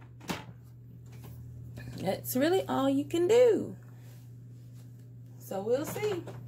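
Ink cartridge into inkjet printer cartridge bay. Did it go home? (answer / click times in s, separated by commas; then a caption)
yes / 0.3 s. A plastic ink cartridge, removed after an ink error, is pushed back into the cartridge bay of an Epson WF-7720 inkjet printer and seats with a short click at 0.3 s. Someone then talks over a steady low hum.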